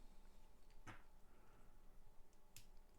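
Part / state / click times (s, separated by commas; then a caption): train wheel into plastic wheel block / seated / 2.6 s. A metal-axle train wheel from a 1966 LEGO set 153 Large Train Flat Wagon is pushed into a plastic wheel block. A broad burst of sound comes near 0.9 s, and then a short, sharp snap at 2.6 s as the wheel seats in the block.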